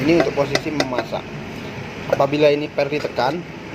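A rice cooker's press-down cook-mode lever switch in the cooker body is being handled, about to be pushed down into the cooking position where it latches. Someone talks throughout, with faint handling noises. Nothing has seated or clicked yet.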